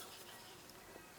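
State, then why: Not seated. The steel blade of a handmade folding knife is handled as it is swung open toward its back lock, with only quiet, faint handling sounds heard. The blade has not locked into place yet, and nothing has seated or clicked by the end of the clip.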